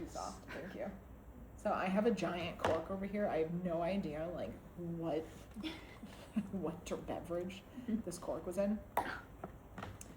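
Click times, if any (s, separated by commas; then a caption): 10.0 s. A thread is pushed into the eye of a self-threading needle that is held steady in a large cork, which makes the click easier to hear. Someone talks throughout, then a sharp click at 10.0 s shows the thread has seated in the eye.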